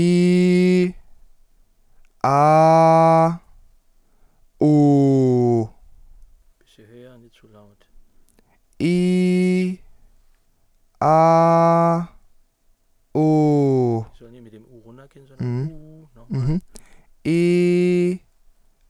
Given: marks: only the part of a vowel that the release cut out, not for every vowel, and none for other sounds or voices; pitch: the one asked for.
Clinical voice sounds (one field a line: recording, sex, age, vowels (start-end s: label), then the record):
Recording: sustained vowels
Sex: male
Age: 20 to 29 years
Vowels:
0.00-0.77 s: vowel /i/, normal pitch
2.34-3.23 s: vowel /a/, normal pitch
13.18-13.90 s: vowel /u/, normal pitch
17.32-18.04 s: vowel /i/, high pitch
From the record:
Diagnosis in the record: healthy voice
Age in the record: 21 years